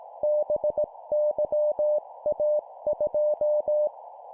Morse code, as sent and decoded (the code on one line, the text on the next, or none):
-... -.-- .- ..---
BYA2